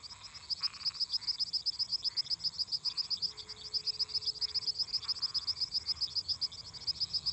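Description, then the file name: Cricket song, high rapid chirps repeating evenly throughout, with scattered frog croaks and buzzy bursts lower down and a brief steady tone midway. Crickets singing constantly together with toads and frogs. "Grilos cantando constantemente em conjunto com sapos e ras"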